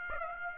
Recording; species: mosquito wingbeat signal from an infrared sensor; Aedes aegypti